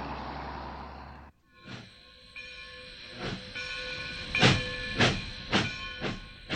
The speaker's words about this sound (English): No, it's not. What is it? It's a train.